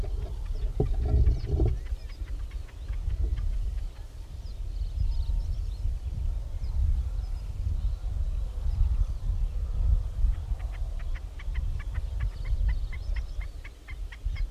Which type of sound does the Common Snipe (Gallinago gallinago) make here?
song